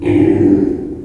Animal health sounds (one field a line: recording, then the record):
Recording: squeal of a Yucatan mini pig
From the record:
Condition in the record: before surgery on the right vocal fold (resection and tissue-engineered implant)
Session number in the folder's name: 1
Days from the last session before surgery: -21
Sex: female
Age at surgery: 19 weeks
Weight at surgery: 25 kg